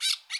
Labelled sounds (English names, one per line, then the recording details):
Brown-throated Parakeet contact call
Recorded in Bonaire
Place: 1 km N of power plant, rd to Republiek
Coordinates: 12.184, -68.285